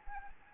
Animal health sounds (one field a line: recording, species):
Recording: mosquito wingbeat signal from an infrared sensor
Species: Anopheles arabiensis